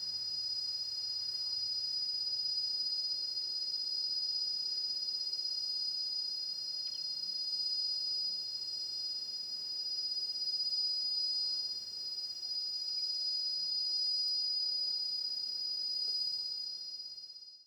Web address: Ethiopia ETH Forest in mountain quiet insects very high and flyers